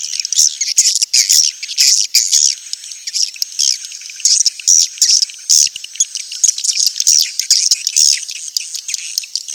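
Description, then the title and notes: Swiftlet chirping calls, dense high twittering chirps overlapping in quick, irregular bursts with no low sounds beneath. Sound used for swiftlet farming in Asia. "Swiflet Bird Sound. Farming Swiflet Bird asia sound"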